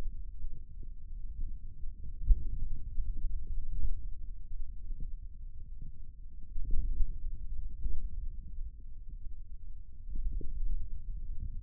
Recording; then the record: forearm muscle sounds (acoustic myography)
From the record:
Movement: finger pinch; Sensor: system 2, bracelet of six BSWA MPA416 microphones around the upper forearm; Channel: 3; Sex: male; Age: 22 years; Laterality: right